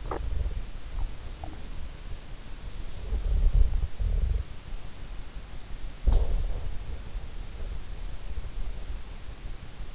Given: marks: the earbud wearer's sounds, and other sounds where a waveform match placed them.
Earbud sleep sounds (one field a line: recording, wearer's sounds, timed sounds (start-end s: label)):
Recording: sounds in sleep by an in-ear microphone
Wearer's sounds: teeth grinding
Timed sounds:
0.00-0.37 s: teeth grinding
1.37-1.62 s: teeth grinding
2.80-4.49 s: teeth grinding
6.03-7.00 s: sound from someone else or the room